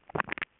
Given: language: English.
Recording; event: throat vibration sensor signal played as sound; swallow